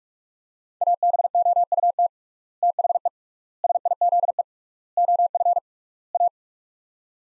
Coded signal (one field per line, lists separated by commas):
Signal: Morse code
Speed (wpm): 42 wpm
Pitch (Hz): 700 Hz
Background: none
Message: ABOUT THE SIZE OF A